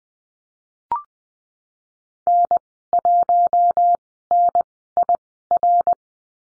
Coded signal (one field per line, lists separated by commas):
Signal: Morse code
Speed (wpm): 20 wpm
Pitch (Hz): 700 Hz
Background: none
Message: N1NIR